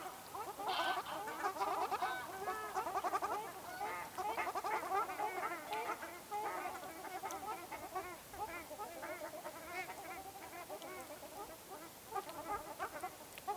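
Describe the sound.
Ruddy shelducks in a noisy flock, loud nasal honks and rapid goose-like trumpeting overlapping throughout, with brief lulls.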